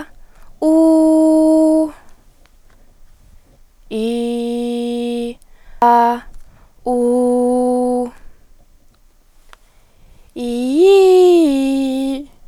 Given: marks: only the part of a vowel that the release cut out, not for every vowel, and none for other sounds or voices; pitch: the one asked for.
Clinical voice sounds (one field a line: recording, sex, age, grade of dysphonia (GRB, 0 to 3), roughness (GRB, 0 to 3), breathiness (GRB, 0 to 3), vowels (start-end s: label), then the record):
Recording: sustained vowels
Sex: female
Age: 20 to 29 years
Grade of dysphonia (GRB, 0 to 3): 1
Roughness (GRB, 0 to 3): 1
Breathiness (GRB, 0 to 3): 0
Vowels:
0.72-1.83 s: vowel /u/, high pitch
4.03-5.17 s: vowel /i/, low pitch
6.97-7.89 s: vowel /u/, low pitch
10.44-12.08 s: vowel /i/, low-high-low pitch
From the record:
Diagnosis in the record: healthy voice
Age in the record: 23 years